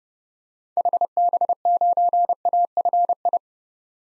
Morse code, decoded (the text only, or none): HB9AFI